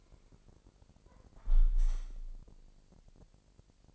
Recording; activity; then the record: daily activity, microphone in the room; close window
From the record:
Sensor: 5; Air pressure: 1000.0 hPa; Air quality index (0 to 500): 248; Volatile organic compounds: 34 ppm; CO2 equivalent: 3044 ppm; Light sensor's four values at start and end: 35/80/32/30 and 34/80/32/30